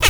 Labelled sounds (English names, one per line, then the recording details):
Zebra Finch kackle call
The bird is a female
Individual fem1